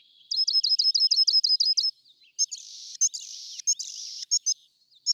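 Rock wren song: a run of about ten repeated trilled notes, then rasping buzzy phrases interspersed with sharp clicks.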